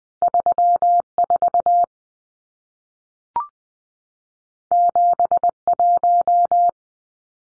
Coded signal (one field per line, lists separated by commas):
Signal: Morse code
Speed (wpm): 20 wpm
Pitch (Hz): 700 Hz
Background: none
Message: 34 71